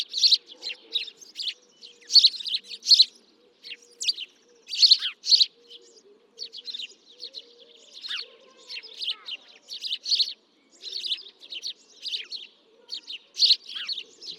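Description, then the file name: House sparrow giving sharp, repeated chirps in uneven clusters, some notes louder and emphatic, with a faint steady low hum in the background. "Passer domesticus"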